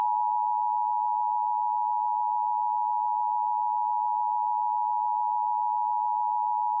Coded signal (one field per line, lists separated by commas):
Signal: Emergency Alert System (SAME) tones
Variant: 853 and 960 Hz attention tone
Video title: EAS #13 | Required Weekly Test ⚠️ (Recreation) (CC)